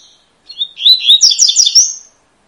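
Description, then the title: Double-collared seedeater delivering one fast, tinkling song phrase: an opening chip, then rolling slurred whistles finishing on a high drawn-out note. Tui-tui song type, with fiber; a teacher song used to train young birds. "COLEIRO TUI TUI FIBRA CANTO PROFESSOR"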